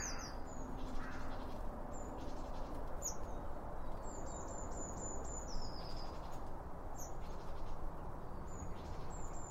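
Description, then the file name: Birds giving rapid high whistles and chirps, a series of level notes then a falling trill, over a steady low rumble throughout. Birds around a bird feeder, recorded with two Line Audio OM1 microphones. "Birds Around Birdfeeding With Two Om 1 From Line Audio"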